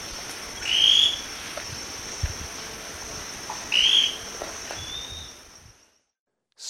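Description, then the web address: Scale-crested pygmy-tyrant with two brief high whistled notes about three seconds apart over a steady background hiss, then sudden silence. Ecuador. "Natures Songs S America Birds of Ecuador Scale-crested Pygmy-Tyrant"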